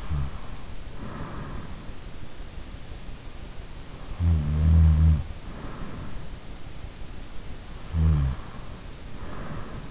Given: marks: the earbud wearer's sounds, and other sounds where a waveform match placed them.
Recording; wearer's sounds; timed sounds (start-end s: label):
sounds in sleep by an in-ear microphone; breath, snoring breath
0.00-1.44 s: breath
4.06-5.82 s: snoring breath
7.96-9.57 s: snoring breath